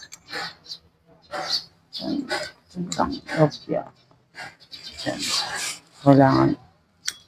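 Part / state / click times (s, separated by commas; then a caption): cover on a scooter CVT component / seated / 7.1 s. During CVT cleaning on a Yamaha Mio Gravis scooter, a cover is pressed onto a CVT part, likely near the clutch assembly, while someone talks. A sharp click at 7.1 s shows the cover has clicked into place and is seated, as it must click like that to be surely secured.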